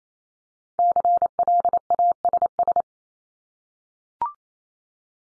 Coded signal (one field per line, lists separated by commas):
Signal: Morse code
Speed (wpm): 28 wpm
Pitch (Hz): 700 Hz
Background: none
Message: CLASS